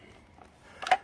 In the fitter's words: that just slides right back up and clicks into place